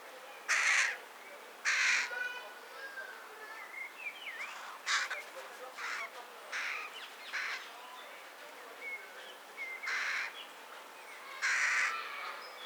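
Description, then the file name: Carrion crow giving harsh, broad caws, two loud ones early then a string of quieter caws and a final loud one, with faint chirps of small birds between. "Corvus corone"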